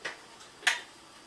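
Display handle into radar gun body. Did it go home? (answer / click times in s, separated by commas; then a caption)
yes / 0.1 s, 0.7 s. A display handle slides into a radar gun body the same way as the battery handle and seats with two clicks. The clicks come at 0.1 s and 0.7 s; the second is louder and sharper. There is no talk in this part, and the handle ends up seated.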